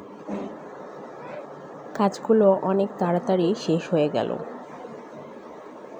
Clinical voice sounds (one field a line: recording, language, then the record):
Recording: elicited speech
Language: Bengali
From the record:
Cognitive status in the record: cognitively healthy